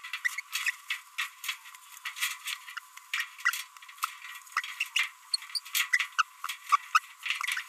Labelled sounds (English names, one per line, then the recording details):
Green-rumped Parrotlet babbling
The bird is a female
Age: 30 days
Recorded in a nest box in Venezuela
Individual 17B42B1